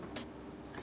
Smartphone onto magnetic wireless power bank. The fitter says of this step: you can see that the iphone 12 snaps into place super nicely